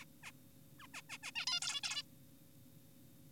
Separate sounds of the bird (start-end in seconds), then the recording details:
0.23-0.31, 0.79-0.87, 0.94-1.02, 1.10-1.18, 1.23-1.32, 1.36-1.46, 1.47-1.60, 1.62-1.81, 1.84-2.02. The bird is an adult. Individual g4p5U